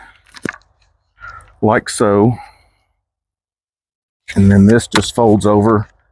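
The top section of an Instaprivy portable camping toilet frame is handled and folded over toward its base, with brief handling noises near the start while someone talks. Nothing has snapped or locked into place yet by the end of the clip.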